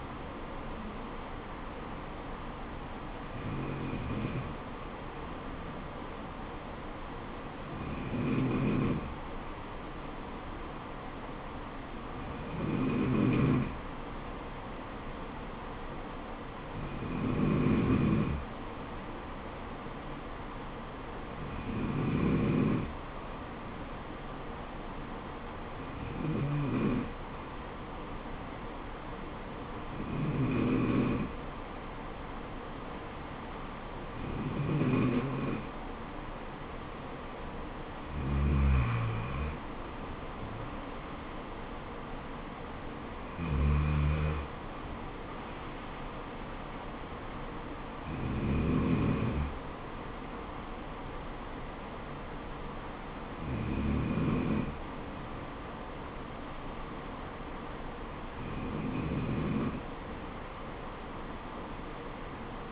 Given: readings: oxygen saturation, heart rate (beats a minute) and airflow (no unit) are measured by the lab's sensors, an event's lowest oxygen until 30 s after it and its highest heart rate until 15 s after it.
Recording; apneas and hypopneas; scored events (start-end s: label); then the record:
breathing in sleep by a voice recorder at the bedside; none
none scored
From the record:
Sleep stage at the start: N2 (light sleep); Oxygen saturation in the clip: 93 to 94%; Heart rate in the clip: 65 to 76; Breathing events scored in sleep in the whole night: 426 in 7.4 hours asleep